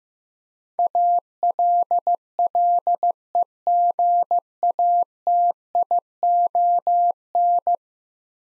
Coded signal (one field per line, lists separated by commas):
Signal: Morse code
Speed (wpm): 15 wpm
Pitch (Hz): 700 Hz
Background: none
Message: ALLEGATION